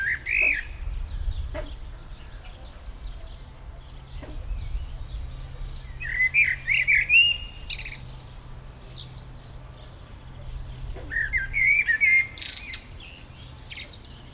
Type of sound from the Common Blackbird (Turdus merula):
song